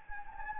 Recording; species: mosquito wingbeat signal from an infrared sensor; Anopheles gambiae